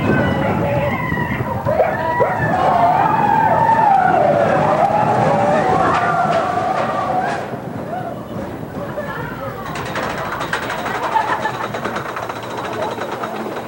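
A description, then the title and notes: Big Thunder Mountain Railroad ride audio: a steady low rumble runs throughout, with a voice speaking over it for roughly the first seven seconds. The sound then thins briefly before a bright, hissing wash comes in near ten seconds and continues to the end. Big Thunder Mountain Railroad (Complete Ride Audio).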